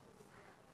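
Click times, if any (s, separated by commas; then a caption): none. A part is being handled as it is pushed into its mounting slot to lock in place, with only a steady, soft broadband rustle and no distinct hits. Nothing has seated or clicked yet.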